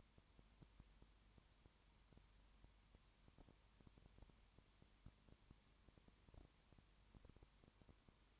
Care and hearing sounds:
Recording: daily activity, microphone in the room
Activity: no activity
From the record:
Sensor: 3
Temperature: 21.1 degrees Celsius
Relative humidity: 37.0%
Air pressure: 1010.6 hPa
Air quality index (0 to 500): 204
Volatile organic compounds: 31 ppm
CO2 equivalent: 2974 ppm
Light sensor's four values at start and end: 2/3/2/2 and 2/3/2/2

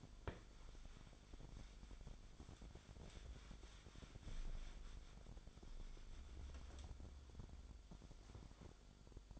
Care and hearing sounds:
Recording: daily activity, microphone in the room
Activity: wipe stove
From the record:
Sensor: 5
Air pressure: 1007.2 hPa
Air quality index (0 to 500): 173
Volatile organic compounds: 4 ppm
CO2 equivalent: 1658 ppm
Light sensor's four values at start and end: 52/146/57/57 and 53/145/57/58

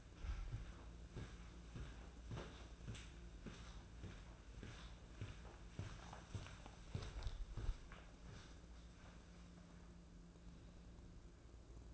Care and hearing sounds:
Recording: daily activity, microphone in the room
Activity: walk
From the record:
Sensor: 2

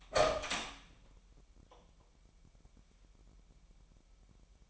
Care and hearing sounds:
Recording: daily activity, microphone in the room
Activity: open door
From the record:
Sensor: 1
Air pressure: 998.5 hPa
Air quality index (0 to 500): 129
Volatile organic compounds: 4 ppm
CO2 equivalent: 1541 ppm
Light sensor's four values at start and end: 19/63/25/26 and 19/63/25/26

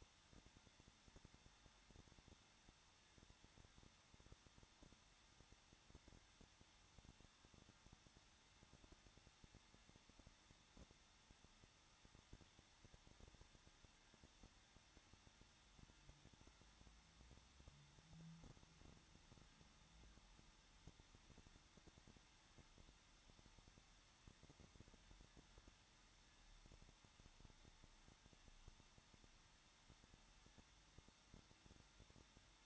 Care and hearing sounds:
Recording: daily activity, microphone in the room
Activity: no activity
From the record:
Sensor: 3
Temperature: 21.2 degrees Celsius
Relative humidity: 36.4%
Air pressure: 1006.3 hPa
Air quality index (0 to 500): 223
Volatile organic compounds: 43 ppm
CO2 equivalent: 3202 ppm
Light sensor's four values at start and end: 2/3/2/2 and 2/3/2/2

